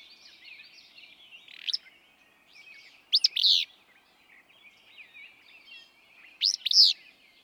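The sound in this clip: Willow flycatcher repeats abrupt, buzzy two-syllable phrases about every three seconds, preceded by a single rough note, over faint twittering birds.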